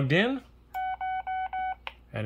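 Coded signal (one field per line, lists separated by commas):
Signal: none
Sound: radio button beeps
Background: speech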